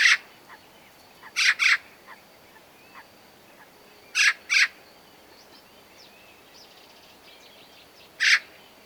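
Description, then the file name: Eurasian magpie calling with harsh, noisy rasps, mostly paired notes, spaced irregularly over several seconds; faint thin calls of other small birds in the background. "Pica pica"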